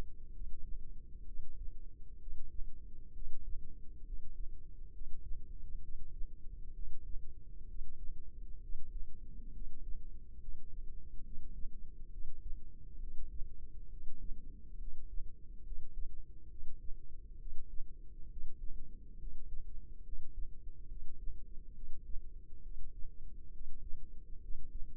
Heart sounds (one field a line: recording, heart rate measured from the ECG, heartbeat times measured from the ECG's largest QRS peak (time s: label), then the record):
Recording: heart sounds by microphone in the left ear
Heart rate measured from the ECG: 67 bpm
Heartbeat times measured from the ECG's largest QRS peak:
0.30 s: heartbeat
1.23 s: heartbeat
2.17 s: heartbeat
3.11 s: heartbeat
4.02 s: heartbeat
4.90 s: heartbeat
5.79 s: heartbeat
6.72 s: heartbeat
7.65 s: heartbeat
8.58 s: heartbeat
9.50 s: heartbeat
10.37 s: heartbeat
11.21 s: heartbeat
12.08 s: heartbeat
12.97 s: heartbeat
13.87 s: heartbeat
14.76 s: heartbeat
15.61 s: heartbeat
16.47 s: heartbeat
17.36 s: heartbeat
18.27 s: heartbeat
19.16 s: heartbeat
20.01 s: heartbeat
20.86 s: heartbeat
21.72 s: heartbeat
22.60 s: heartbeat
23.50 s: heartbeat
24.39 s: heartbeat
From the record:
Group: healthy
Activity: rest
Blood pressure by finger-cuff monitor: 116/59 mmHg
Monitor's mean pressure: 75 mmHg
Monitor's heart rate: 67 bpm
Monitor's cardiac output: 5.5 L/min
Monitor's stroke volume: 83 mL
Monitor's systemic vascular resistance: 990 dyn s/cm5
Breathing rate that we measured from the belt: 12 breaths a minute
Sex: female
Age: 32 years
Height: 168 cm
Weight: 61.9 kg